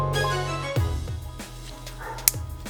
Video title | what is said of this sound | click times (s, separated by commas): Datsun 240z Build - Episode 17 - Rack and Pinion Rebuild Assembly - Panchos Garage | that's it uh you know it went in once uh you hear a little snap | 2.3 s